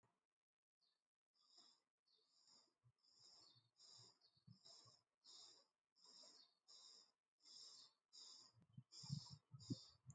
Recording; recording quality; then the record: shallow breathing; excellent, no background noise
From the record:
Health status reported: exposed to COVID-19, no respiratory illness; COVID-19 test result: negative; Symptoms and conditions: cough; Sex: male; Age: 48 years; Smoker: not ticked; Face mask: not worn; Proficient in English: yes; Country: India